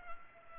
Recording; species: mosquito wingbeat signal from an infrared sensor; Culex pipiens